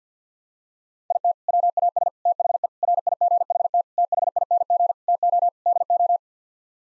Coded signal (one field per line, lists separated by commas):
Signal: Morse code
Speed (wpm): 50 wpm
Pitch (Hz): 700 Hz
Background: none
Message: IT WAS THE RIGHT THING TO DO